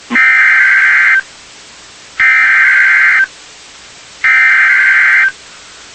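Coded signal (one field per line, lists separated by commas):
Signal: Emergency Alert System (SAME) tones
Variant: header bursts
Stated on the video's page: Severe Thunderstorm Warning EAS tones from NOAA weather radio KIG86 in Columbus, Ohio.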